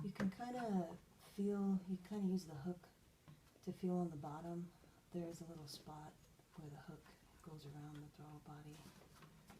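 A plastic intake air duct is being handled onto the throttle body of a Mercedes W163 ML-class (M112/M113 engine) during a valve cover gasket reseal, with its bottom hook clip being felt for around the throttle body. Someone talks throughout, with quiet handling noise between phrases. Nothing has seated or clicked yet.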